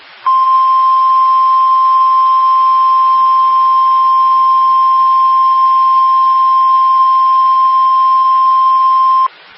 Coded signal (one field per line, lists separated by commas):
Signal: Emergency Alert System (SAME) tones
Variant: 1050 Hz attention tone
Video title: Surprise Severe Thunderstorm Warning for Central Worcester County on WXL93 (EAS #1,871)